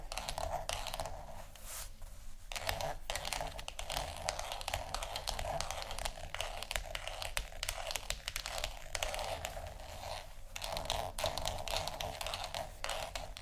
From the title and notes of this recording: ASMR For Sleep (tapping, Scratching, Scratchy Tapping) No Talking.